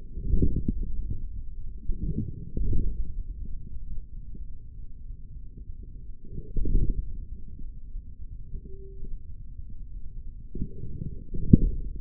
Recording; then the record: forearm muscle sounds (acoustic myography)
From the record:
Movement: forearm pronation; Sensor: system 3, bracelet of six PUI Audio POM-2738L microphones around the upper forearm, with dedicated amplification and filtering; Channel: 5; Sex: male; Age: 56 years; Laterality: right